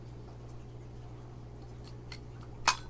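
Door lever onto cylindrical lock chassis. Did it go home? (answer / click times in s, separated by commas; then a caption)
yes / 2.7 s. A door lever with a removable black plastic piece is pushed all the way down onto a cylindrical lock chassis. Faint handling ticks come first, then the lever snaps into place with a sharp, bright click at 2.7 s over a steady low hum. The lever is seated.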